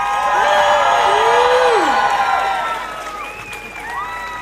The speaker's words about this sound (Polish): Brawa wielkie dla dziewczyn. Dla pierwiastka męskiego też na scenie, ale finał należał do kobiet.